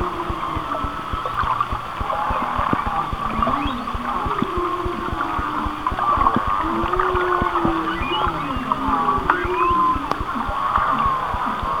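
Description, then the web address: Whale song of long, wavering low moans rising and falling in pitch, with faint higher squeals and a steady patter of clicks. "Whale Songs Whale Songs"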